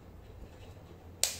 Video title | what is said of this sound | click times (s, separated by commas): 42k worth motovlog setup - Salem Uthumalai view point | அப்புறம் அதை போட்டால் லாக் ஆகிடும். இது ஒன்று டன். | 1.2 s